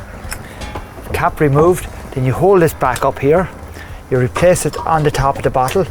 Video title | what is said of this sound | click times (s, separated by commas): On Board Equipment - Whats Included | have the bottle gas switched off you hold your hands here click and you lift | 0.3 s